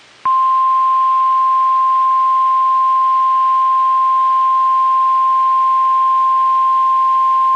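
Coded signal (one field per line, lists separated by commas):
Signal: Emergency Alert System (SAME) tones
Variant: 1050 Hz attention tone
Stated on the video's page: Severe storm and tornado warnings received from NOAA Weather Radio stations in Kentucky, Tennessee and Indiana.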